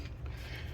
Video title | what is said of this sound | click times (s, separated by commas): Mobile Mechanic Work Day 2011 Chrysler 200 Oil Cooler Replacement (Common Leak) | Push this down until it clicks, like that, and then lock it in place. | 0.3 s